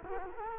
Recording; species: mosquito wingbeat signal from an infrared sensor; Culex quinquefasciatus